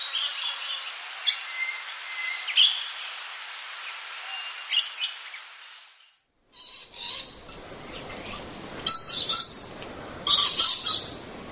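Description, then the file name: Lorikeet calls: thin, high shrieks and squeaks in scattered bursts, a brief silent gap midway, then more rapid screeches toward the end. "Лори -Лорикет -Попугай -Голоса-птиц"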